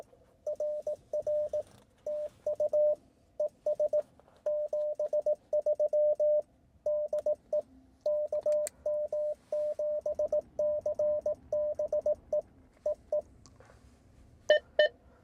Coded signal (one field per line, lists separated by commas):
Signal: Morse code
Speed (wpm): 19 wpm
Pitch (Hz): 600 Hz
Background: radio noise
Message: RR TU ES 73 DE KM7CBE EE EE